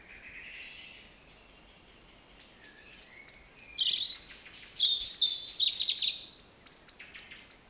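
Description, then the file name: European Robin song: a soft, high note, then a run of sharp, tinkling, rapidly varied notes lasting about three seconds, over a steady low hiss. "Erithacus rubecula"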